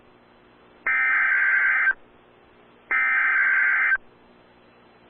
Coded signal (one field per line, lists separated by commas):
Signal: Emergency Alert System (SAME) tones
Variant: header bursts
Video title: EAS #91 Tornado Warning On NWR